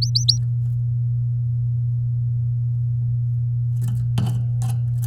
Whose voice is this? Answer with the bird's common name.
Domestic Canary